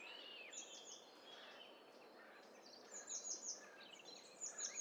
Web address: Hi Fi STEREO BIRD COCKTAIL PARTY Challenge